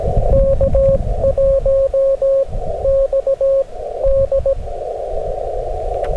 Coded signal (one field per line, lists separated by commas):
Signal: Morse code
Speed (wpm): 17 wpm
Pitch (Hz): 550 Hz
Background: radio noise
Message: K1XD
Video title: STRAIGHT KEY, QRP Parks on the Air FUN @ US-3786 #qrp #straightkey #cw #parksontheair